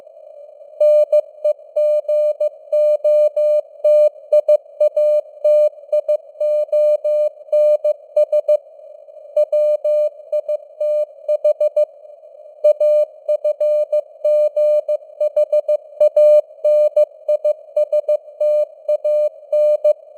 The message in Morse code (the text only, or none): NEGOTIATIONS WITH AFGHANISTAN